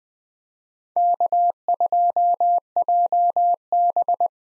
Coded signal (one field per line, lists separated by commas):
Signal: Morse code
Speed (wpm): 20 wpm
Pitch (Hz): 700 Hz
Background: none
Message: K2JB